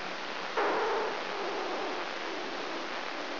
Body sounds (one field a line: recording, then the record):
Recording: brain microelectrode recording played as sound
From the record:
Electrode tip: inside the subthalamic nucleus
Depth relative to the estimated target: 0 mm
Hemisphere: left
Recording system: AlphaMap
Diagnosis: Parkinson's disease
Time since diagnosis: 20 years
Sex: female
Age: 65 years